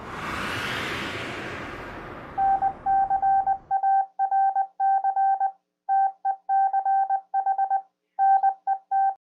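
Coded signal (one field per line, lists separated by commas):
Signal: Morse code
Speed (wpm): 20 wpm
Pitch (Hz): 780 Hz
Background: none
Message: NCARC TECH NET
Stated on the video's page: Ident on the 447.275 repeater atop Horsetooth Mountain near Fort Collins, Colorado, negative offset, 100 Hz tone, during a weekly tech net.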